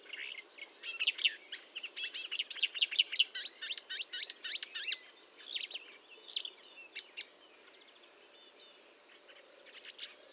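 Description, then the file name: Marsh warbler song, a busy stream of chattering, trilled and whistled notes, fading to softer scattered phrases toward the end. Recorded at Fontaine-Française (Fourneau), France, on 1 June 2022 at 10:55, using a Nagra recorder with a Telinga parabolic microphone. "Rousserolle verderolle 1055 Fontaine-Francaise-Fourneau"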